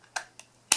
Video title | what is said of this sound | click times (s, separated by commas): How to set up a Clearaudio Concept turntable | the supplied blades for your power supply and install them like so it'll snap into place | 0.7 s